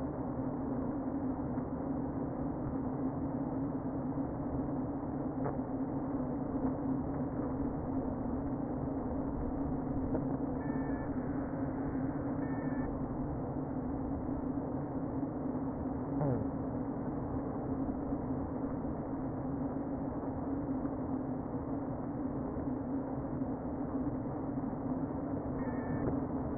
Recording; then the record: honeybee colony, microphone inside the hive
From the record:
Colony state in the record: queen present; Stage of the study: before two queens were removed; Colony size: about 60,000 bees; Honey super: yes